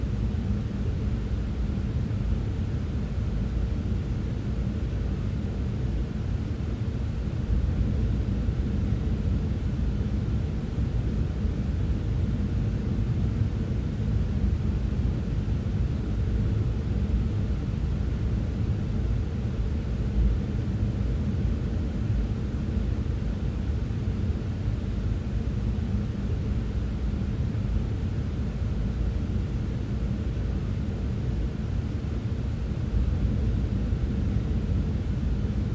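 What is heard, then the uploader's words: A steady low hum inside an electric car cabin, soft and constant for the whole stretch with no distinct events. The sound sits mostly in the deep range with a muffled, rushing quality, like distant wind or sea, and faint bright hiss above. Electric Car White Noise. In the cabin we can only hear a slight hum, somewhat reminiscent of the distant sound of wind or sea waves. Greg was kind enough to let me record the sound in Leaf's cabin at around 80-100 mph.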